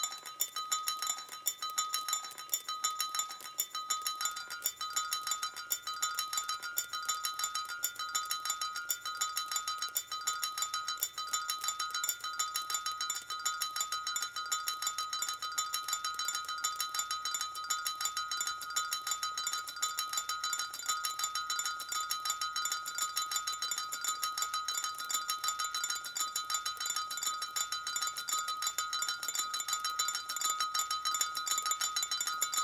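Droplets tap out a dense, steady pattern of tiny bright clicks and clinks throughout, like water falling onto glass or metal. A thin ringing tone hangs constantly beneath the drips, and the texture barely changes from start to finish.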